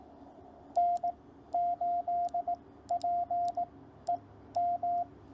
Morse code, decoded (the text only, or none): N8PEM